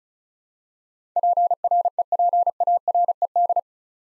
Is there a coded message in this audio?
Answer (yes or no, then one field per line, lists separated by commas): yes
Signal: Morse code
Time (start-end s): 1.2-3.6 s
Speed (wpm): 36 wpm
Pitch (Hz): 700 Hz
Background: none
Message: PREPARED